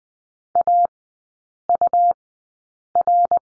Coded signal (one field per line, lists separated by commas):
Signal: Morse code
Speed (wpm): 20 wpm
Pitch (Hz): 700 Hz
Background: none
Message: AUR